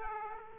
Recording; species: mosquito wingbeat signal from an infrared sensor; Aedes aegypti